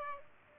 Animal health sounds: mosquito wingbeat signal from an infrared sensor; Aedes albopictus

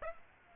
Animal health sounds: mosquito wingbeat signal from an infrared sensor; Aedes aegypti

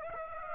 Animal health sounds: mosquito wingbeat signal from an infrared sensor; Aedes aegypti

